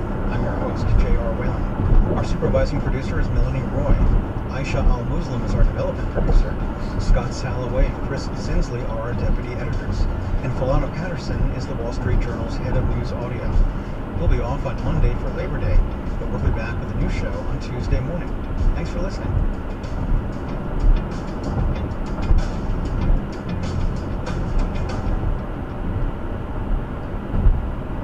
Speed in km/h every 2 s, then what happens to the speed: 85, 87, 87, 89, 90, 92, 92, 90, 89, 87, 89, 89, 90, 90.
0-9 speeds up to 92. 9-28 steady at about 90.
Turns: none.